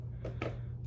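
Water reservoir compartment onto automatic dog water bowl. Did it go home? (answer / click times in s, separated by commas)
yes / 0.4 s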